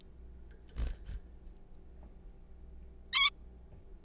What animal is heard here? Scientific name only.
Taeniopygia guttata